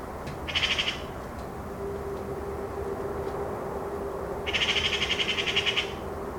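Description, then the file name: Eurasian magpie making two rasping machine-gun chatters, a short one then a longer one, with a steady low hum running underneath. "Pica pica"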